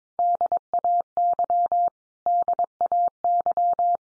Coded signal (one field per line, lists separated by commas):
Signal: Morse code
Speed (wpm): 22 wpm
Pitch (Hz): 700 Hz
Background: none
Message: DAY DAY